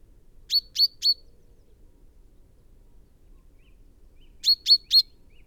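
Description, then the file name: Common chaffinch calls: a quick triplet of sharp, high chink notes, then silence, then another matching triplet roughly four seconds later. "Fringilla coelebs"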